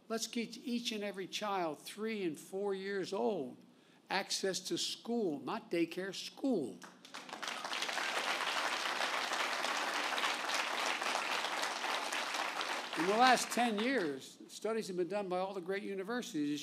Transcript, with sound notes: give each and every child, three and four years old, access to school—not daycare, school. (Applause.) In the last 10 years, studies have been done by all the great universities.